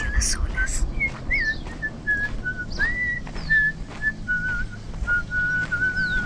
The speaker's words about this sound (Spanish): El silbido.